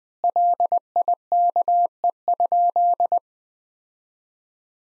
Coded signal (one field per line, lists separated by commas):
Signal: Morse code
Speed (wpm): 20 wpm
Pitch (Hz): 700 Hz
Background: none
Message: LIKE?